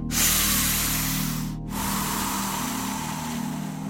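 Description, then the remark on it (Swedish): A long, loud deep breath taken during a guided meditation: a breathy, hissing inhale, a brief pause, then a slower airy exhale that trails on, with a soft low hum underneath and no talking. “Djupt andetag.”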